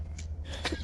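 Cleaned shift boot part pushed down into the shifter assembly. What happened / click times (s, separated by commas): A plastic part snaps into place in its housing / 0.2 s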